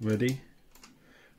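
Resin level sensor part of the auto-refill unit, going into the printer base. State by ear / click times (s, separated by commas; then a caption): seated / 0.8 s. Someone talks as the automatic resin refill unit is slid onto the base of an Anycubic Photon M3 Max 7K resin 3D printer by its two locating holes. The unit's plastic resin level sensor part, which measures when resin is getting low, goes into the printer base with two quick clicks at about 0.8 s. The sensor part seats, clicking into place.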